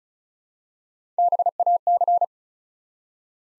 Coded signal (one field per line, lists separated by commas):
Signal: Morse code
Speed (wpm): 36 wpm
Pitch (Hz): 700 Hz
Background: none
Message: BAC